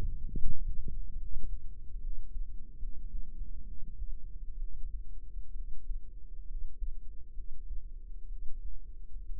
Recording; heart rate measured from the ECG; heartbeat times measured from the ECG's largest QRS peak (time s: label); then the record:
heart sounds by microphone in the right ear; 67 bpm
0.32 s: heartbeat
1.14 s: heartbeat
1.98 s: heartbeat
2.76 s: heartbeat
3.63 s: heartbeat
4.56 s: heartbeat
5.51 s: heartbeat
6.44 s: heartbeat
7.32 s: heartbeat
8.26 s: heartbeat
9.23 s: heartbeat
From the record:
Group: healthy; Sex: female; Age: 22 years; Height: 171 cm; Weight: 65.6 kg